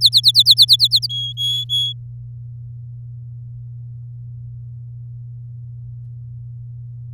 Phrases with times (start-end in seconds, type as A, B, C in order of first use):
0.01-1.07 A, 1.09-1.93 B